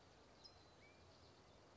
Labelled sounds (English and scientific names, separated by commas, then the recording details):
California Towhee (Melozone crissalis)
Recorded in Sonoma County, California